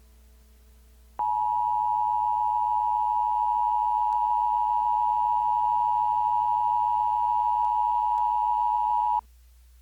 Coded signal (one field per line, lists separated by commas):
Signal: Emergency Alert System (SAME) tones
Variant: 853 and 960 Hz attention tone